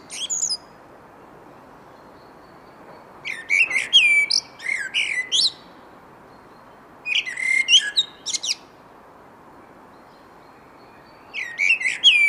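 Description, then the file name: Eurasian blackbird song: several short phrases of whistles and high twittery notes, separated by short pauses. "Turdus merula"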